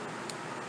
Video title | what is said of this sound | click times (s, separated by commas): Nintendo DS Lite reveal Japanese console lot of 22 as is purchased on Ebay to repair | nope that's not all the way in | 0.3 s